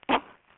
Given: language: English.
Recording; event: throat vibration sensor signal played as sound; cough